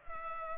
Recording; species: mosquito wingbeat signal from an infrared sensor; Culex pipiens